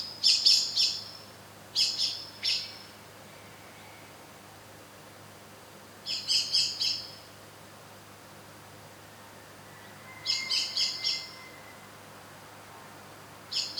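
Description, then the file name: Eurasian blackbird uttering bursts of three or four high metallic chinks, repeated every few seconds with quiet gaps between. "Turdus merula"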